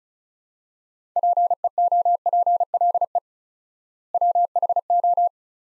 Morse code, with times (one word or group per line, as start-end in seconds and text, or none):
1.2-3.2 PEOPLE
4.1-5.3 WHO